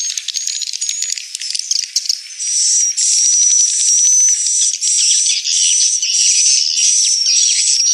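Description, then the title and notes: Swiftlets twittering; rapid clicking chirps start patchy, then the sound thickens after two seconds into steady chatter with a thin high whistle. Swiftlet house lure sound, Tien Giang, Vietnam. "Am thanh nha yen Akau Vietnam - Tien giang. Những âm thanh chim yến thuộc thương hiệu AKAU"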